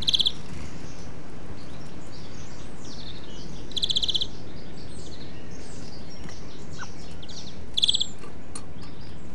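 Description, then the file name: European greenfinch repeating a brief, fast chattering trill roughly every four seconds, over a chorus of faint bird calls and steady low noise. "Chloris chloris"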